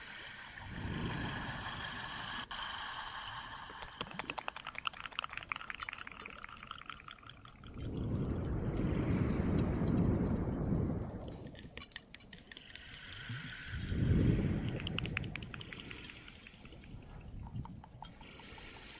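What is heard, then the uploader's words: Cave water drips and trickles with scattered crackling fireplace pops, while low rushing swells rise around one, ten and fourteen seconds. Some more Cave ASMR, Water and Fireplace added.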